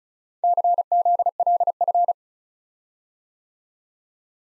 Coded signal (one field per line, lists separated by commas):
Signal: Morse code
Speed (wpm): 36 wpm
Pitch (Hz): 700 Hz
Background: none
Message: CZLF